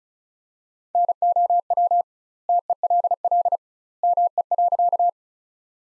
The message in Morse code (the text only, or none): NOW TELL ME.